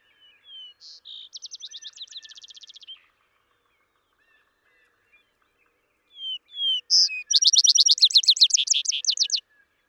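Vesper sparrow singing twice: slurred whistled notes then a rapid trill, and after a pause, clear introductory whistles followed by a bright, fast trill.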